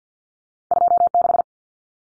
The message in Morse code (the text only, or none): 26